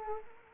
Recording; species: mosquito wingbeat signal from an infrared sensor; Anopheles gambiae